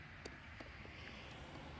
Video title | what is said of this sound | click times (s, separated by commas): Car Care : Upgrading Stock Incandescent Bulbs To LED Emitters : Faster, Brighter Lighting | try not to get your paint okay so you heard it pop I can now | 0.3 s